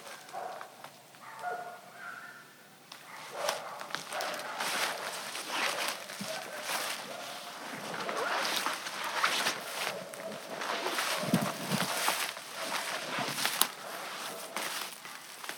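An evening walk through lively woods: a few short bird calls sound over a quiet start, then from about three seconds on, dense crunching steps and rustling fill the clip steadily to the end. A bright hiss of water runs underneath.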